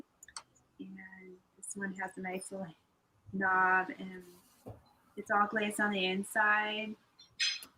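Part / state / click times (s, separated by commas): ceramic lid on a ceramic lidded jar / not seated / none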